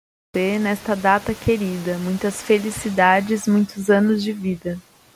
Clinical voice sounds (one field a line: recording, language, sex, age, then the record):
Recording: short text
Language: Brazilian Portuguese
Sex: female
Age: 20 to 29 years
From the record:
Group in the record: control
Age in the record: 28 years